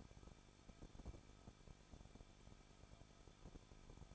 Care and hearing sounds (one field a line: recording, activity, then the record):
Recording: daily activity, microphone in the room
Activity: no activity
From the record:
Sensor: 5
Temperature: 20.8 degrees Celsius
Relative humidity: 38.6%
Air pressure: 1006.4 hPa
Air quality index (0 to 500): 191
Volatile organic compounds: 21 ppm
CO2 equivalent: 2707 ppm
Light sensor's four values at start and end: 2/3/1/1 and 2/3/1/1